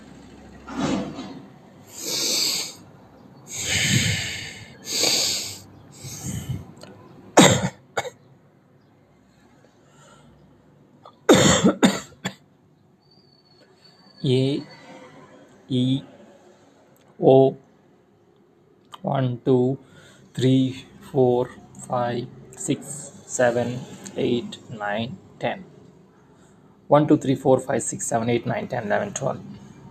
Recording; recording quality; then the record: shallow breathing; poor, much background noise or distortion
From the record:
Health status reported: healthy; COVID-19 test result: not tested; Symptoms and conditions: none ticked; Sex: male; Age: 50 years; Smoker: not ticked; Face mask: not worn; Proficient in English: yes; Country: India